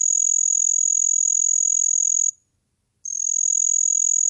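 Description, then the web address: Say's trig giving a high, rapidly pulsed trill, broken by a short pause of under a second before the steady trill resumes. "The Songs of Insects. Say's Trig"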